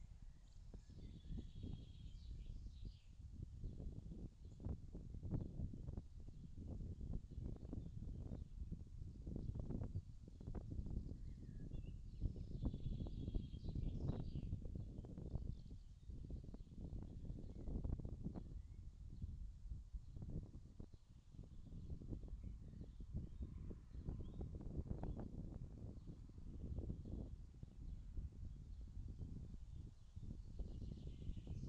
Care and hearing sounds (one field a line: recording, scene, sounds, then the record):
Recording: everyday scene through a hearing-aid microphone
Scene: wind on the microphone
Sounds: wind, birds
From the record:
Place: in front of a rural house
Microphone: in the ear canal, left